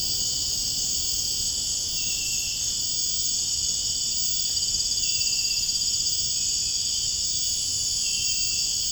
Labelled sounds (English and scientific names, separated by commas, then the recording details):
none
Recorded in dense forest near Puerto Asís, Putumayo, Colombia, on 29 June 2025 at 03:00
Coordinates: 0.481, -76.323
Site G072